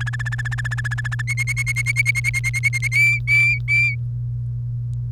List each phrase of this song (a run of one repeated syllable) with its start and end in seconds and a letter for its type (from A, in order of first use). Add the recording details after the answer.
0.00-1.22 A, 1.27-2.88 B, 2.92-3.95 C. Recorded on 1 May 2018 at 14:41. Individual llb3